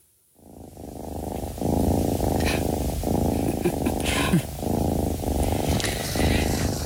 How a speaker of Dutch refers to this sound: Ja, ik vroeg je naar het geluid van je jeugd. En toen zei je, ja, dat is een spinnende kat.